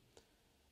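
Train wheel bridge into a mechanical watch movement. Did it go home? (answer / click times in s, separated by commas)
yes / 0.2 s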